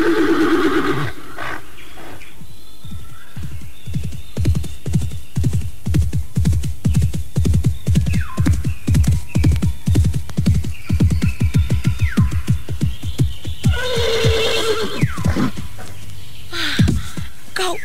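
A horse named Putih whinnies loudly, then a steady, rhythmic clip-clop of hooves builds and continues for several seconds before another shrill neigh rises near the end.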